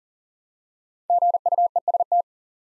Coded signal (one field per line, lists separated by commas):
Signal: Morse code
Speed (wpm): 42 wpm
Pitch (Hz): 700 Hz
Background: none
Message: GUEST